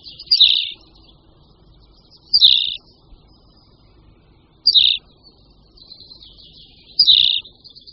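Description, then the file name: Tawny pipit singing four sharp chirped notes spaced roughly two seconds apart, with a faint buzzy phrase before the last. "Linduška-úhorní"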